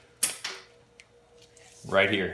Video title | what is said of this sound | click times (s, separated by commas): How to Install Mini Blinds | And it should snap right into that hole | 0.2 s